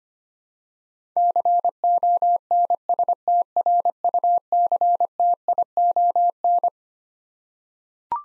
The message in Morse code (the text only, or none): CONSTRUCTION